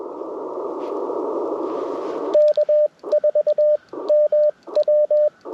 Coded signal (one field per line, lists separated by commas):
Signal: Morse code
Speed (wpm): 20 wpm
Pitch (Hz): 600 Hz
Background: radio noise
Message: K4MW